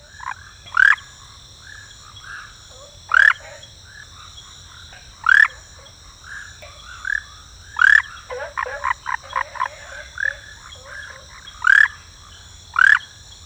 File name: Rhacophorus smaragdinus